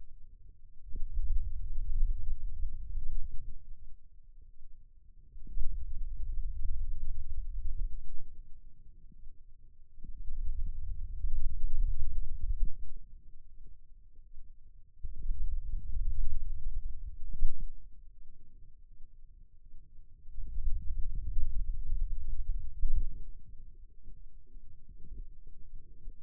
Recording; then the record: forearm muscle sounds (acoustic myography)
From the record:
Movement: hand opening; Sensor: system 2, bracelet of six BSWA MPA416 microphones around the upper forearm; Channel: 1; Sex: male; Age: 22 years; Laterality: right